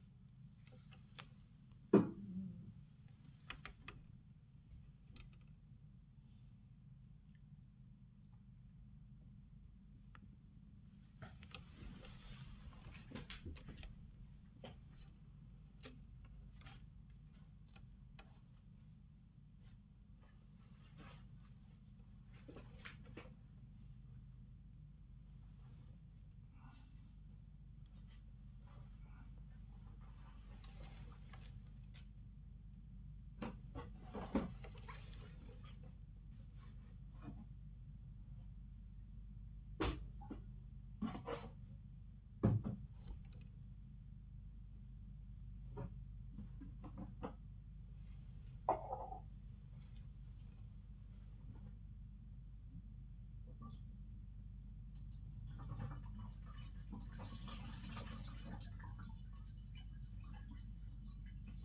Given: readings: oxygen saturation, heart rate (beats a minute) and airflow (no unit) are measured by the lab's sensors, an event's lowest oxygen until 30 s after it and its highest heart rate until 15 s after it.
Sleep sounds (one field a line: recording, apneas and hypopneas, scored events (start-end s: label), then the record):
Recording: a person awake in a sleep study, by a smartphone at the bedside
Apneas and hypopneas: none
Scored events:
0.00-61.64 s: awake
From the record:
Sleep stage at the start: awake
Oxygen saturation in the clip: 96 to 97%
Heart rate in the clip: 71 to 83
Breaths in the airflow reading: 17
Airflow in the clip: -8.4 to 9.3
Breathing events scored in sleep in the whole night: 270 in 6.1 hours asleep